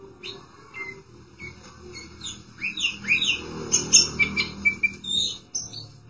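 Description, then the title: Oriental magpie-robin with varied whistled and chattering song over a low background hum, growing busier and louder in the second half. Chirping song (kicauan) of the bird. "Suara Kicauan Burung Kacer Durasi Panjang"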